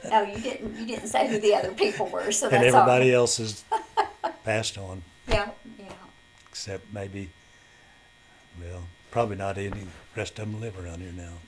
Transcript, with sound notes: No you didn't, you didn't say who the other people were so that's alright.
And everybody else is-- (Chuckling) --passed on.
Yep, yep.
Except maybe-- well probably not any rest of 'em live around here now.